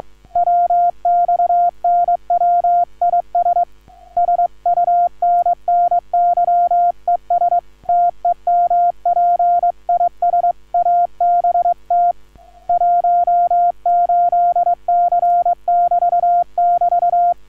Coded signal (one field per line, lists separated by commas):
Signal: Morse code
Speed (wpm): 22 wpm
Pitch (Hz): 690 Hz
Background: none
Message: WX NW IS SUNNY ES TEMP IS ABT 18C <BT> <BT>